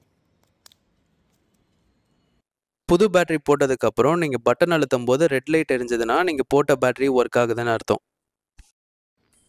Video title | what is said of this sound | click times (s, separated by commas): Volkswagen key battery replacement and Re-Sync | battery போட்டதுக்கப்புறம் cover எடுத்து ஒரு கிளிக் சவுண்ட் கேட்குற வரைக்கும் ப்ரெஸ் பண்ணுங்கள். | 0.7 s